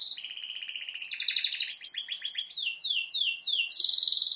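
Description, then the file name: Canary song: a continuous run of high rolling trills and buzzy phrases, shifting into rapid descending slurred notes and ending in a dense buzzing trill. "Canary Voice"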